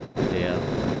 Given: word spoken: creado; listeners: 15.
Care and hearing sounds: one Spanish word in noise, from a listening test; noise modulated by three-talker babble; -4.1 dB; 0 of 15; 8 of 15; 0.61 s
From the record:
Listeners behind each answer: 8, 1, 1, 1, 1, 1, 1, 1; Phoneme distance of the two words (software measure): 34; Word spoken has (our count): 3 syllables, 6 phonemes, stress on syllable 2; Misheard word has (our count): 3 syllables, 6 phonemes, stress on syllable 2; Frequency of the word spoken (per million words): 38.49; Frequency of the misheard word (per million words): 141.99

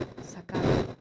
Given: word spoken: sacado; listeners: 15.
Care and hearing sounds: one Spanish word in noise, from a listening test; noise modulated by one talker; -12.8 dB; 1 of 15; 9 of 15; 0.61 s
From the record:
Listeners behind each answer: 9, 2, 1, 1, 1, 1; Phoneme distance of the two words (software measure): 17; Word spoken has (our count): 3 syllables, 6 phonemes, stress on syllable 2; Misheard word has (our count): 2 syllables, 5 phonemes, stress on syllable 2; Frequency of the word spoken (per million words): 14.79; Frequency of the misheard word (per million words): 54.96

